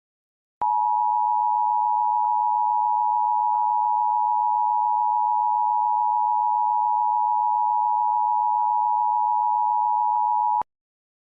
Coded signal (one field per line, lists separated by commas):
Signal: Emergency Alert System (SAME) tones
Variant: 853 and 960 Hz attention tone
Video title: EAS Short Scenario 62 : Beyond Disaster